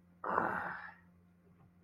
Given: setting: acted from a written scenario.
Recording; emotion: vocal sound without words; anger